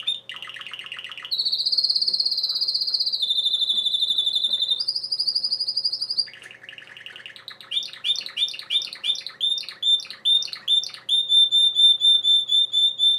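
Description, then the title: Domestic canary in full song, mixing brief rattles, long bright trills at shifting pitches, a lower buzzy roll and quick repeated chip notes. Male singing a lot, for warming up and training young birds. "Esquente Seu Filhote E Canario Belga Macho Cantando Muito"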